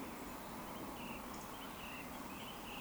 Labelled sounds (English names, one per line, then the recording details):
Eurasian Woodcock
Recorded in Baden-Württemberg, Germany, on 16 June 2020 at 19:59 UTC
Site 14569, 102 m above sea level